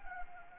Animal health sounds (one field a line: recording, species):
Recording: mosquito wingbeat signal from an infrared sensor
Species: Anopheles gambiae